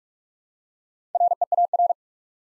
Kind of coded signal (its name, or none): Morse code